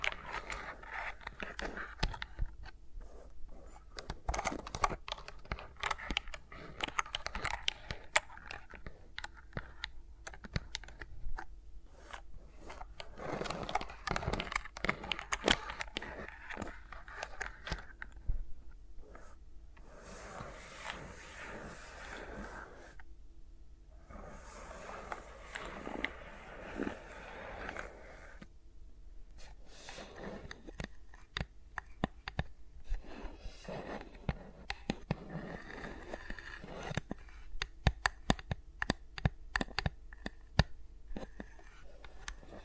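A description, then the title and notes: Fingers rub and tap against microphones in a no-talking ASMR session, making dense bursts of soft scratching and rustling. Quick clicky taps, much like typing on a keyboard, come in uneven flurries with brief quieter gaps near 19 and 29 seconds. ASMR with Mics Around My Fingers (No Talking).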